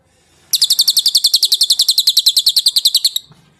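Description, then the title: Bird song: a bright, rapid trill of repeated high notes lasting about two and a half seconds, then ending sharply. Masteran recording, a tutor track played to teach songbirds. "Suara masteran Burung"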